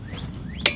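A torque wrench tightens a special locking wheel lug nut, which is harder to get tight, over a faint low rumble with soft rising whine-like tones. The wrench gives one sharp click at 0.7 s as it reaches its torque setting.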